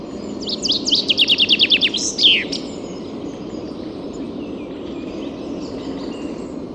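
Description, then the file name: Common chaffinch song: one phrase of rapidly repeated, descending trilled notes closing with an emphatic falling flourish, followed by several seconds of steady ambient hiss. "Fringilla coelebs"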